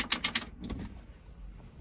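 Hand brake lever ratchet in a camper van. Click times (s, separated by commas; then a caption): 0.1 s, 0.2 s, 0.4 s. The hand brake lever in a Kea Nomad Ultima camper van is pulled up to activate it, and its ratchet gives three sharp clicks at 0.1, 0.3 and 0.4 seconds, followed by a couple of faint ticks around 0.6–0.7 seconds. The clicks confirm the hand brake is engaged and properly activated.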